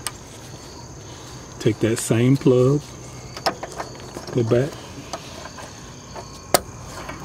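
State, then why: Seated. On a 2009–2017 Infiniti FX35/FX37/FX50/QX70, the power liftgate actuator strut's electrical plug is pushed by hand into its mating connector. After someone talks and a few faint taps, the plug snaps home with a sharp click at 6.6 seconds, and the connector is seated.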